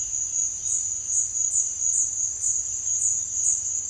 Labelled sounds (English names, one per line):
Violaceous Jay
Great Kiskadee